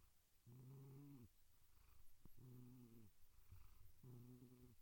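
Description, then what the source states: Domestic cat purring in three even low bursts roughly every one and a half seconds, with a faint click between them. Gentle cat meows and purrs.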